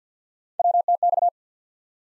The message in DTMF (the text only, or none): none